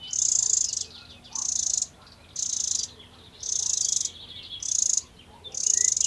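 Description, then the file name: Eurasian wren harsh calls: six dry, high, buzzy rattling bursts, each under a second long, repeated about once a second with brief quiet gaps between them. "Troglodytes troglodytes"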